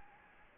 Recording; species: mosquito wingbeat signal from an infrared sensor; Anopheles gambiae